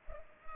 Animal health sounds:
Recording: mosquito wingbeat signal from an infrared sensor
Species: Culex pipiens

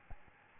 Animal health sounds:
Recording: mosquito wingbeat signal from an infrared sensor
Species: Aedes albopictus

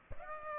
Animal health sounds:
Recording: mosquito wingbeat signal from an infrared sensor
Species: Aedes aegypti

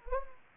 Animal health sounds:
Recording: mosquito wingbeat signal from an infrared sensor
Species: Anopheles gambiae

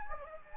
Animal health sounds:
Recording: mosquito wingbeat signal from an infrared sensor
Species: Anopheles gambiae

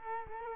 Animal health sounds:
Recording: mosquito wingbeat signal from an infrared sensor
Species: Culex quinquefasciatus

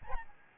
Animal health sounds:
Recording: mosquito wingbeat signal from an infrared sensor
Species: Aedes albopictus

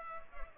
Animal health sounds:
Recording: mosquito wingbeat signal from an infrared sensor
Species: Culex pipiens

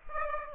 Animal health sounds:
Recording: mosquito wingbeat signal from an infrared sensor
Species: Aedes aegypti

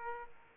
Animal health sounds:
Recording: mosquito wingbeat signal from an infrared sensor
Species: Aedes aegypti

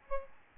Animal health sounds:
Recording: mosquito wingbeat signal from an infrared sensor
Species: Aedes albopictus

